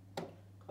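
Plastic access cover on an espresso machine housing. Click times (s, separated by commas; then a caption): 0.2 s. With the water tank removed, a plastic access cover on an espresso machine housing is pressed at a specific point and gives a sharp click at 0.2 s as it releases and opens. A fainter, softer sound follows around 0.6–0.7 s over a steady low hum.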